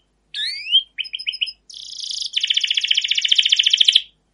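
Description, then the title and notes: Canary song: rising whistled slurs, a few quick chirps, then a long fast buzzy trill of rapidly repeated notes. Long continuous canary song used as a lure to train other canaries to sing. "CUIT CUIT NGEROL LANGSUNG GACOR PANJANG Kenari Ini AMPUH Utk Pancingan KENARI. burung kenari"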